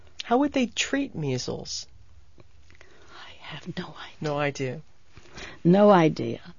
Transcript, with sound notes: How would they treat measles?
( she whispers ) I have no idea.
No idea.
No idea.